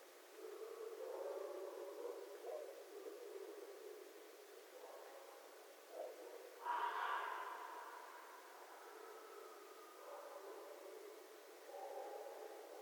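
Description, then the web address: Red fox calling: low, rough mutters early on, then one hoarse, rasping scream in the middle, followed by quieter low sounds. Recorded 11 January 2012. "Red Fox 2012 01 11 Red Fox long"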